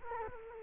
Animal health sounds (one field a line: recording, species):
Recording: mosquito wingbeat signal from an infrared sensor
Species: Culex quinquefasciatus